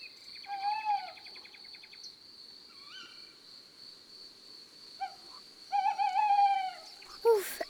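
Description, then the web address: Tawny owl hoots: a drawn-out hoo, short soft notes, then a tremulous wavering hoot, with a faint rapid ticking and a click at the end. "la chouette hulotte. album cuicui-et-compagnie"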